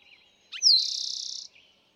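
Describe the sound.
Eastern towhee delivers a single song, a short note and sliding whistle leading into a dense rapid trill, with soft faint twittering before and after.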